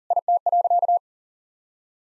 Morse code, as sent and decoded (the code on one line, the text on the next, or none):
.. - .-.-.-
IT.